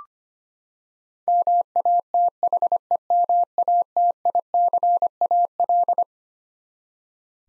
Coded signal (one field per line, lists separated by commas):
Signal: Morse code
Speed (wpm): 25 wpm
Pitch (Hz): 700 Hz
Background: none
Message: MATHEMATICAL